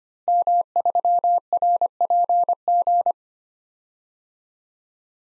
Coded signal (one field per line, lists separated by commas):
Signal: Morse code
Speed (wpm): 25 wpm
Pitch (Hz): 700 Hz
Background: none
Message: M3RPG